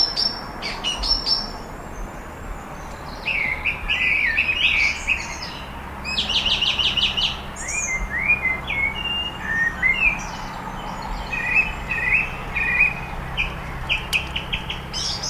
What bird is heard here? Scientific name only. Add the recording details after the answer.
Turdus philomelos. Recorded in the wild. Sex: male. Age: adult. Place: Gößweinstein, Fränkische Schweiz, Bayern, DE. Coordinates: 49.775, 11.3403. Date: 1962-06-12. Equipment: Stellavox SM 5, Original, Vollspur. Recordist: Tretzel, Erwin